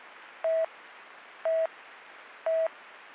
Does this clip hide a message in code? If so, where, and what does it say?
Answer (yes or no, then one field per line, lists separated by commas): no